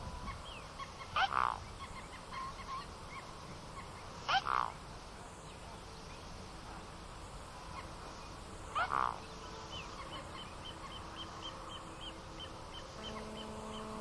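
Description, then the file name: Mute swan calls: three short, nasal honking notes a few seconds apart, over a steady low background hiss. "De Knobbelzwaan"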